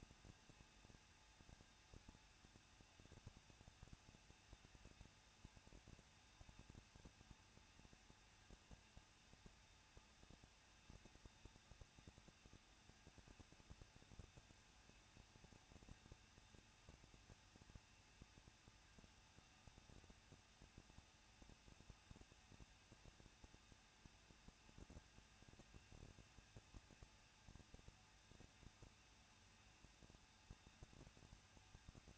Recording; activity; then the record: daily activity, microphone in the room; no activity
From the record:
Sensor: 2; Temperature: 21.0 degrees Celsius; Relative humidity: 37.4%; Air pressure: 1006.2 hPa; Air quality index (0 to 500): 221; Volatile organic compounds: 24 ppm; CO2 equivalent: 2800 ppm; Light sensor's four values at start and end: 2/3/2/2 and 2/3/2/2